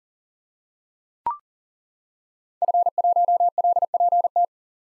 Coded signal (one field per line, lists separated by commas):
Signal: Morse code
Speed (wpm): 40 wpm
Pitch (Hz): 700 Hz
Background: none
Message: F1LPT